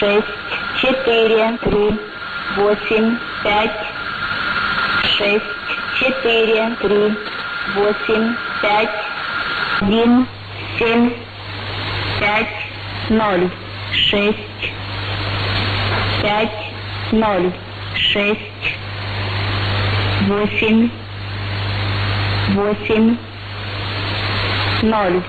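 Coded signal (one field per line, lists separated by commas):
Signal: numbers station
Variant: S06s, Russian female voice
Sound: female voice reading short evenly spaced Russian words, a steady whistle tone early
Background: radio static, hum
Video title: 07 03 2018 S06s Russian Lady numbers station in Russian to Eu 0833 on 9082, 9255 unknown tx site in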